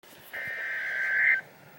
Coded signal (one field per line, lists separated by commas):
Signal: Emergency Alert System (SAME) tones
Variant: header bursts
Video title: REAL EAS 793-Severe thunderstorm warning